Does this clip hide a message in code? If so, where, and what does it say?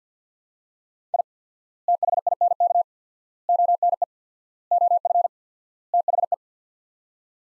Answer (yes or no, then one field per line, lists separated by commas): yes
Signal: Morse code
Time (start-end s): 1.1-6.3 s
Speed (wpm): 46 wpm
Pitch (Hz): 700 Hz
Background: none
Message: I THINK ONE OF THE